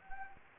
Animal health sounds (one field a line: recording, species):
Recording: mosquito wingbeat signal from an infrared sensor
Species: Anopheles gambiae